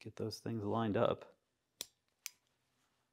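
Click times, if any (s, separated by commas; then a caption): 1.8 s, 2.3 s. A SurLok Plus high-power connector plug for EV conversions is lined up with its rotating receptacle end and pushed home. Someone talks first, then two sharp clicks are heard at 1.8 s and 2.3 s. The plug snaps locked and is seated.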